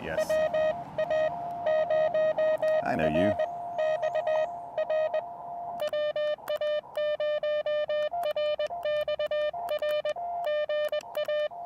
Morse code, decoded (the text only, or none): WA0RXR WA0RXR GA